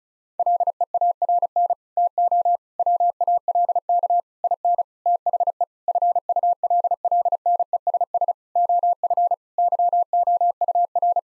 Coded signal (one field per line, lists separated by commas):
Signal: Morse code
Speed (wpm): 36 wpm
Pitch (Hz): 700 Hz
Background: none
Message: LEARN TO WALK IN THE FULLNESS OF YOUR